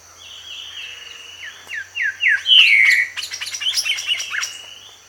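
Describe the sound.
Bird song, a long thin whistle, then several downslurred whistled notes leading into a rapid burst of sharp, twittering elements.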